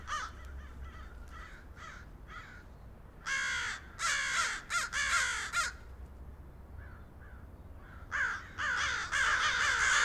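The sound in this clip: Crows cawing: faint caws and loud, rasping bursts in uneven groups, with a low steady rumble underneath.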